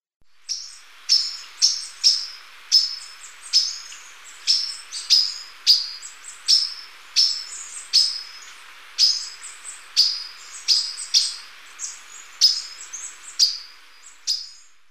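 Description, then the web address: Pacific tuftedcheek repeating sharp, high, emphatic notes roughly every half second to second, a long steady series throughout. Ecuador. "Birds of Ecuador. Pacific Tuftedcheek"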